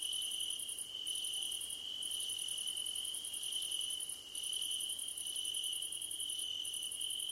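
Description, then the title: Crickets calling together, a continuous high buzzing trill beneath rapid pulsing chirp sequences that stop briefly at irregular intervals. Crickets chirping at night under a starlit sky, nighttime ambience. "Nighttime Ambience with Crickets"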